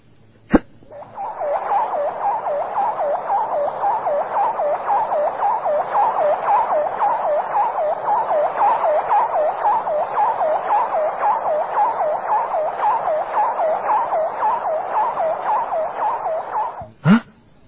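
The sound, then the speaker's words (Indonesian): A sci-fi spaceship arriving effect: a steady, rapidly warbling electronic tone pulsing evenly for about sixteen seconds, bracketed by sharp clicks at the start and end, with no voices. “Ini bukan sebuah rumah, tapi ini adalah sebuah pesawat ruang angkasa.”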